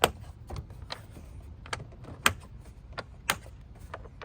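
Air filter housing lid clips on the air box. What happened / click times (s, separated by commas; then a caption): The housing lid clips snapped shut / 0.0 s, 2.3 s, 3.3 s. Spring clips on the plastic engine air filter housing lid of a 2014–2020 Acura MDX are flipped back over to lock the cover down on the air box. Sharp snaps ring out at 0.0, 2.3 and 3.3 seconds as the clips snap shut, with softer clicks and handling noise between them. The lid ends up clipped down and seated.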